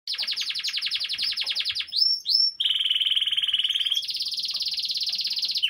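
Domestic canary song: a fast rolling trill, two upward sweeps, then two more long rapid trills at different pitches.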